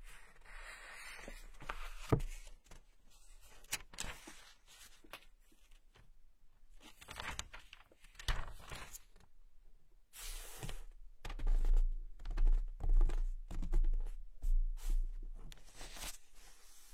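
Pages of a book are turned and handled, with bursts of crisp, bright paper rustle separated by brief pauses. A sharp tap comes near two seconds, and the handling grows louder and busier after ten seconds, with soft low thumps mixed in.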